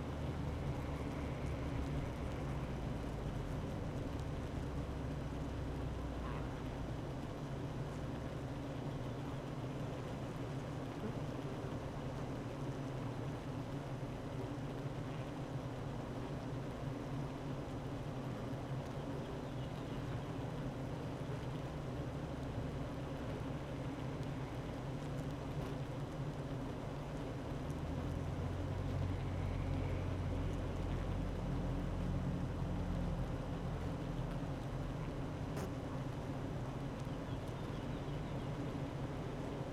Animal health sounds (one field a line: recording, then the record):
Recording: honeybee colony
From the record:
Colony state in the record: active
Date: 12 June 2018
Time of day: 9:14